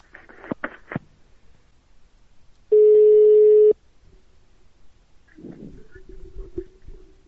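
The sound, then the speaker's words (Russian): A single loud, steady electronic telephone ring from a postman's call lasts about a second at a mid pitch, with a few clicks and handling noises before it and soft rustling afterward. “Это вам почтальон звонит. Вы чё трубку не берете?”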